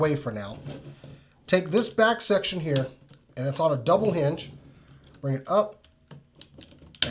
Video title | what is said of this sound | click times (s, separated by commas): Transformers Masterpiece Star Saber Review | into his back clips | 7.0 s